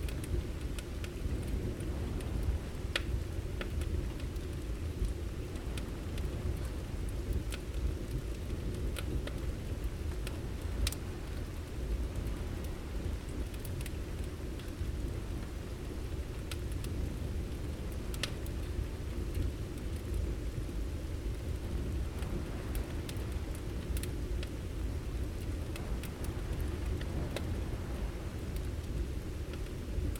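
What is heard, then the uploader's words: A fireplace crackles with scattered sharp pops throughout, over a steady low rumble of rain and storm that stays dense and even. A Cozy Fireplace On A Rainy Night. The crackling warmth of a flickering fire intertwines with the distant rumbles and melodies of rain and storm.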